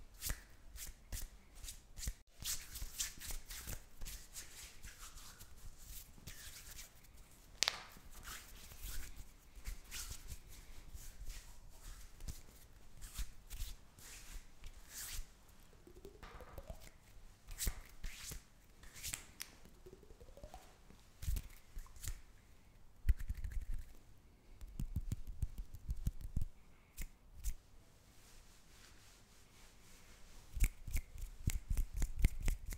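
Hands rub, slide and pat against each other, making a dense run of dry rustles and soft slaps that keeps shifting in pace. Sharper claps or knocks stand out near 23, 27 and 31 seconds, and two brief squeaky rising sounds occur around 16 and 20 seconds.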